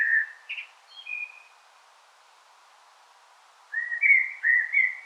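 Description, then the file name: Common blackbird song: a fluted phrase with thin high twitters, a long pause, then another mellow rising warble. "Turdus merula"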